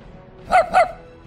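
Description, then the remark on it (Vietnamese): A dog named Gâu Gâu barks twice in quick succession as it runs out, two short, sharp, mid-pitched woofs about a quarter second apart, standing out clearly over a quiet, low background hiss. “Gâu Gâu sủa hai tiếng chạy ra.”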